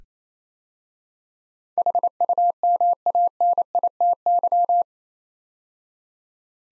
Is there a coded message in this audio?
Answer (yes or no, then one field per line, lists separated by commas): yes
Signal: Morse code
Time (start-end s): 1.8-4.8 s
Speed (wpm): 27 wpm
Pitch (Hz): 700 Hz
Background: none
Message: HUMANITY